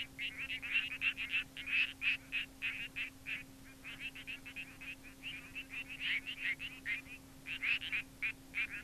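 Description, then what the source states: Frog croaks: a fast, uneven run of short, nasal, duck-like clucks, several per second, continuing throughout over a steady low hum. Frog calls described as quacking.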